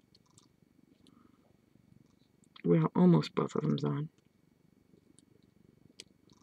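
A wire loop holding two dangles is turned on a memory wire bracelet while someone talks in the middle of the clip, with faint ticks from handling. At 6.0 s the loop pops fully into place with a sharp click, and it is on.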